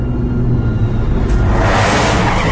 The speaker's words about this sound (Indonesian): Astaga! Seketika itu aku rem mendadak ketika tiba-tiba saja dari balik kabut itu terlihat sebuah truk besar di depanku. Aku menarik rem tangan dan mobil pun berhenti.